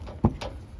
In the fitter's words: Pressman clicks into place